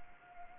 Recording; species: mosquito wingbeat signal from an infrared sensor; Anopheles gambiae